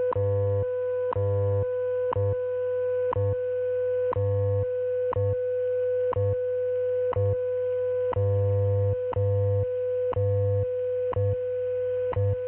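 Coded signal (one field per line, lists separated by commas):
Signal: radio time signal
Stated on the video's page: WWV time station on 5 MHz received via the Utah WebSDR, strong and clean.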